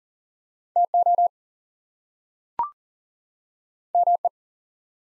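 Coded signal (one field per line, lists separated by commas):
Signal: Morse code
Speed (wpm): 39 wpm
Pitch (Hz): 700 Hz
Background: none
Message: TO ME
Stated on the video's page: Two-letter words in Morse code at 40 wpm for head-copy practice, each sent twice.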